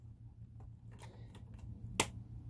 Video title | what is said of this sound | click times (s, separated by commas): Back to the Future Delorean Time Machine - Playmobil | wait until you hear that's that click and they're | 2.0 s